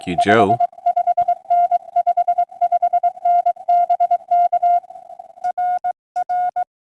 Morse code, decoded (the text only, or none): 55N 55N BK RR